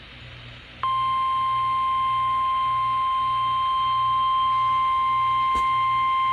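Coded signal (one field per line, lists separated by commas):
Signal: Emergency Alert System (SAME) tones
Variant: 1050 Hz attention tone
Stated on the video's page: Compilation of severe thunderstorm warning EAS alerts.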